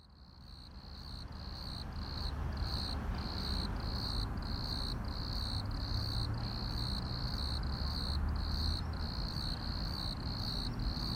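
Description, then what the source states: Cricket chirping in steady, evenly spaced bursts, fading in at the start over a constant low rumble of background noise. Crickets at Plaiaundi ecological park, Irún, Spain.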